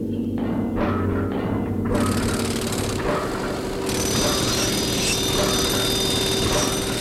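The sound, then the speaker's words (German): Loud construction site noise with a jackhammer: a few short rattling bursts at first, then a dense, continuous mechanical roar with a thin high whine on top. No voices. “Ich glaubte, ich hätte dich drüben an der Baustelle gesehen”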